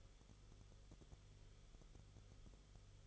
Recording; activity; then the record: daily activity, microphone in the room; no activity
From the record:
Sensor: 4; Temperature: 22.9 degrees Celsius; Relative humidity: 34.4%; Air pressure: 1011.5 hPa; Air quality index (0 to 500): 193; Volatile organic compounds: 13 ppm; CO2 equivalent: 2388 ppm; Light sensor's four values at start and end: 2/3/1/1 and 2/3/1/1